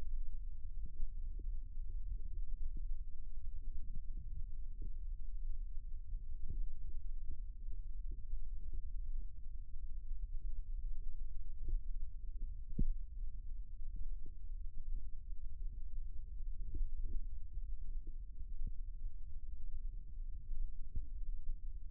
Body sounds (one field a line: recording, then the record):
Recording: forearm muscle sounds (acoustic myography)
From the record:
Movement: rest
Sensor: system 2, bracelet of six BSWA MPA416 microphones around the upper forearm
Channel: 6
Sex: male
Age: 22 years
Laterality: right